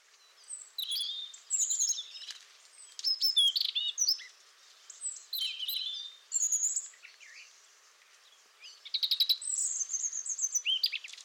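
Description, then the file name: European robin singing dense, high-pitched twittering and warbling phrases with short gaps, with fast trilled notes near the end. "Erithacus rubecula"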